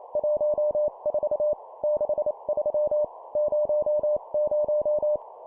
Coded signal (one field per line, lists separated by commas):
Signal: Morse code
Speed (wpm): 28 wpm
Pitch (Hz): 600 Hz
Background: none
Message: 14 63 00